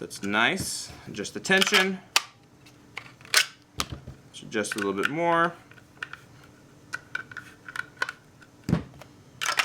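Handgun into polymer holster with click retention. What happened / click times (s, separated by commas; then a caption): The part is handled and adjusted but not yet seated / none. Someone talks while handling a handgun and a WARRIORLAND polymer holster with click retention, adjusting its two retention tension screws. Short sharp clicks and taps sound between the speech. The pistol has not yet been pushed in, and nothing has seated or clicked into the holster yet.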